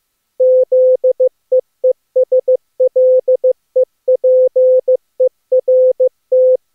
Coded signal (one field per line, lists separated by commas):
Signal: Morse code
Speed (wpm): 26 wpm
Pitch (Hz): 510 Hz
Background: none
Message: ZEESLEPERT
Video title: Daily Minutes, January 16, 2016, SSTV B/W12, and (temporarily) no data today.